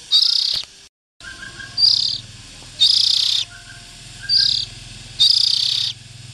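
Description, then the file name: Oriental magpie-robin scratchy rasping bursts, five calls of varying length, light chipping notes and a low hum behind. Young birds. "Tieng chim chich choe than non"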